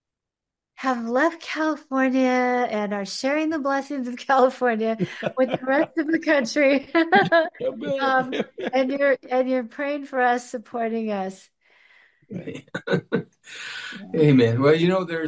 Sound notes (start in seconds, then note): 4.9 laughs; 12.3 laughs